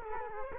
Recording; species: mosquito wingbeat signal from an infrared sensor; Culex quinquefasciatus